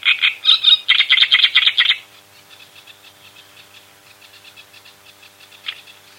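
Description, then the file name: Great reed warbler singing a loud, grating run of rapid croaky notes for two seconds, then soft, repeated chattering with one sharp note near the end. "kamyshovka drozdovidnaja"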